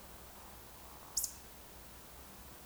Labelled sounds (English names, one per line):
Eurasian Woodcock whistle
Eurasian Woodcock croak